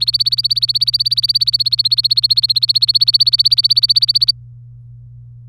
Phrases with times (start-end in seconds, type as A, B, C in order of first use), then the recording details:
0.00-4.31 A. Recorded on 24 April 2018 at 13:20. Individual llb3